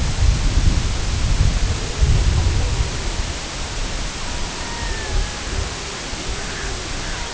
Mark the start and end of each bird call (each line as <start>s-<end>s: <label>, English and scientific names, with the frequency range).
4.09s-5.54s: Red-throated Loon (Gavia stellata) (0.3-2.5 kHz)
6.12s-7.33s: Red-throated Loon (Gavia stellata) (0.2-2.5 kHz)